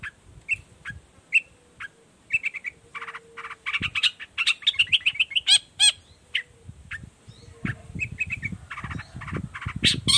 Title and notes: Cendet Gacor Dor Di Kala Pagi Toet Toet Variasi Suara J. Respon Cepat.! Cendet Gacor Efektif Pancingan Buat Cendet Jenis Apapun Agar Cepat Nyaut Buka Paruh. Burung cendet